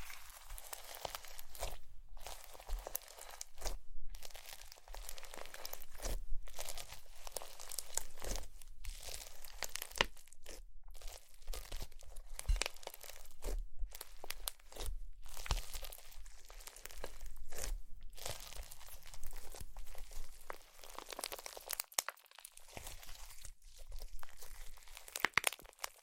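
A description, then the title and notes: Slime being squished and worked, with dense, crackly, crunchy popping that runs almost continuously and sounds bright and crisp. Short silent gaps break it up every second or two, and the texture stays busy and irregular throughout, with a low hum underneath. ASMR Slime - SO Satisfying - ( No Talking).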